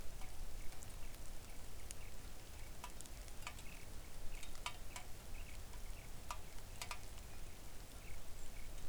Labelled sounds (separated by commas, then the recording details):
songbird, rain
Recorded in the Arctic National Wildlife Refuge, Alaska, on 3 August 2019 at 05:59
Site 41